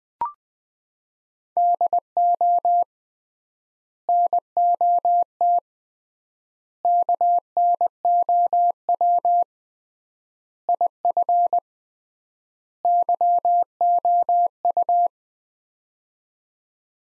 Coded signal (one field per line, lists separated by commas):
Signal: Morse code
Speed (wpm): 20 wpm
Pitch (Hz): 700 Hz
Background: none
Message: DO NOT KNOW IF YOU